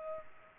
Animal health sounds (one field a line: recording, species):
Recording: mosquito wingbeat signal from an infrared sensor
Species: Culex pipiens